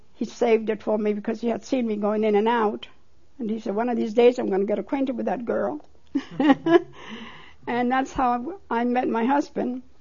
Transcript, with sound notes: He saved it for me because he had seen me going in and out. He said, "One of these days I'm gonna get acquainted with that girl." (She laughs.) And that's how I met my husband.